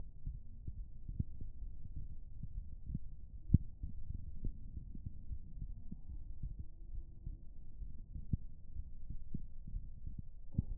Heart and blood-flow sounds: heart sounds by stethoscope; pulmonary valve (PV); 64 bpm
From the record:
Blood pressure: 113/62 mmHg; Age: 38 years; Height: 160 cm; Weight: 56 kg

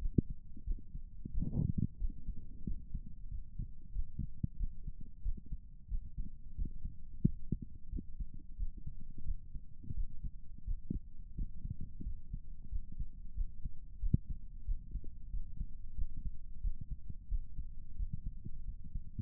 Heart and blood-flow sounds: heart sounds by stethoscope; pulmonary valve (PV); 91 bpm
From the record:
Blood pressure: 138/79 mmHg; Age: 33 years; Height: 165 cm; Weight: 68 kg

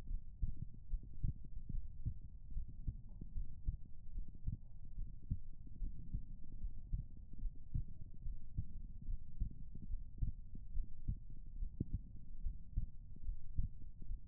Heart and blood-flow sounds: heart sounds by stethoscope; pulmonary valve (PV); 72 bpm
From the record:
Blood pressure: 103/61 mmHg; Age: 21 years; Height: 166 cm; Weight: 57 kg

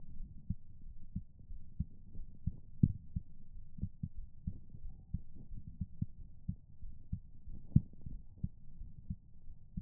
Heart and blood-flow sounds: heart sounds by stethoscope; pulmonary valve (PV); 98 bpm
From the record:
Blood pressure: 126/82 mmHg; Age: 35 years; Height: 163 cm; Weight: 89 kg

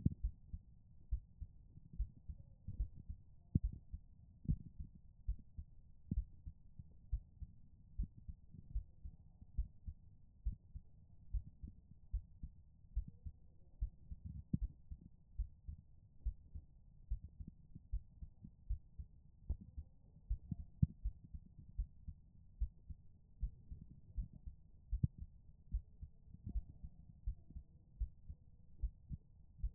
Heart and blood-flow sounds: heart sounds by stethoscope; pulmonary valve (PV); 72 bpm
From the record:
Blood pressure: 139/78 mmHg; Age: 28 years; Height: 155 cm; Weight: 54 kg

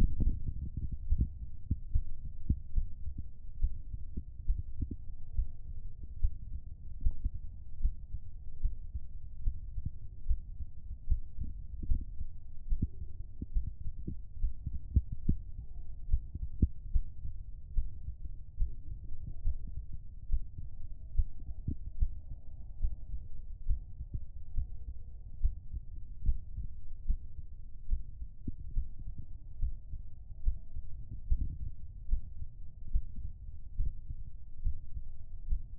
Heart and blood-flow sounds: heart sounds by stethoscope; pulmonary valve (PV); 72 bpm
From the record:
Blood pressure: 130/87 mmHg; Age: 61 years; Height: 181 cm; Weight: 91 kg

